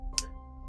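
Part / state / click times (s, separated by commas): cartridge into a magnet/applicator pen / seated / 0.2 s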